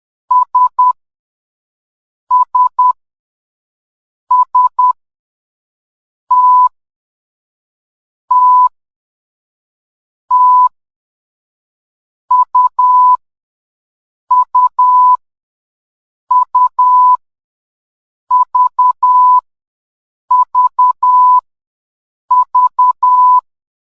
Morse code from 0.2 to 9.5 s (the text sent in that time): S S S T T